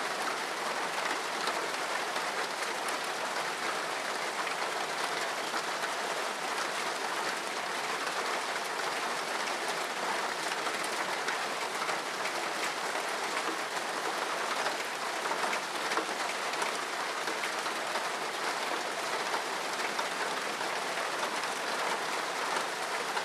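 Heavy rain falls steadily throughout, a dense, even hiss with no letup or change in loudness. The sound is bright and close, full of fine crackling drops striking a surface, with very little low rumble underneath.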